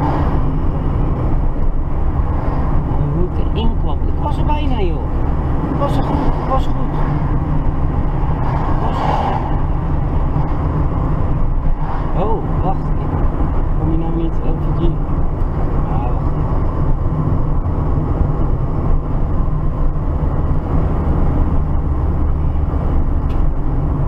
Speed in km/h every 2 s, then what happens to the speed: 48, 44, 45, 47, 49, 50, 50, 52, 50, 49, 47, 44.
0-5 steady at about 45. 5-15 speeds up to 52. 15-24 slows to 44.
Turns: none.